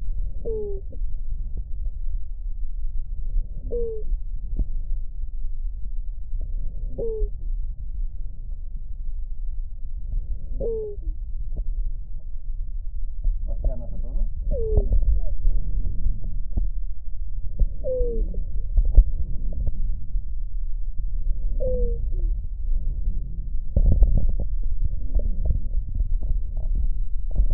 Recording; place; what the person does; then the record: lung sounds by stethoscope; right anterior apical chest; quiet breathing, then deep breathing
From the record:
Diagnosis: asthma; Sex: female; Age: 56 years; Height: 161 cm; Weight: 85 kg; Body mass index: 32.8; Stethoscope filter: extended mode